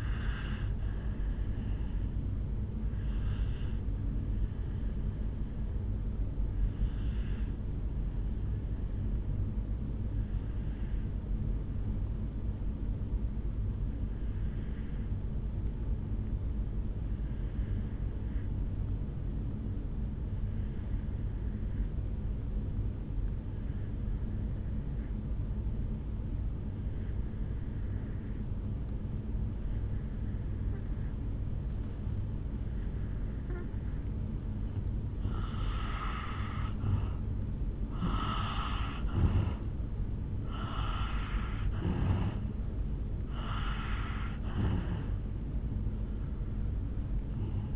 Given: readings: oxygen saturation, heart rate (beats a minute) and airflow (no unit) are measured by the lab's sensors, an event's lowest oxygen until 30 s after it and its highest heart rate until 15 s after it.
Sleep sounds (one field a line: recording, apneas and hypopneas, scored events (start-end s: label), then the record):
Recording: breathing in sleep by a smartphone at the bedside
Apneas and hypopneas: 1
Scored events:
5.00-36.40 s: obstructive apnea (N1, oxygen 98% highest, then 84% lowest, heart rate 52 at the start, 69 highest)
15.00-47.75 s: new sleep stage, N2 (light sleep)
From the record:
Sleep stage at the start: N1 (lightest sleep)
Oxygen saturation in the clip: 79 to 98%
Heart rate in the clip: 52 to 69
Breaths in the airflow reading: 7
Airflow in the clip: -6.7 to 2.9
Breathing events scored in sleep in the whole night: 449 in 7.0 hours asleep